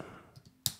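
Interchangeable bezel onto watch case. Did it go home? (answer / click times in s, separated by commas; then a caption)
yes / 0.7 s. An interchangeable ceramic bezel is pressed onto the steel case of a Formex REEF 39.5 mm dive watch (COSC, 300 m). Faint soft handling taps come first, then one sharp, bright click at 0.7 s as the bezel seats and clips on very well.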